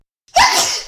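A single, very loud sneeze from an adult woman, deliberately induced with red pepper: a faint quick intake, then a sudden explosive hissing burst that fades over about half a second. It is an ordinary sneeze reflex, notable only for its loudness.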